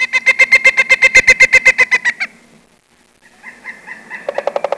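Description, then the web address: Bird giving a fast run of harsh, clucking notes, falling silent briefly, then resuming softly before another quick burst. "Mac Mania. Birds"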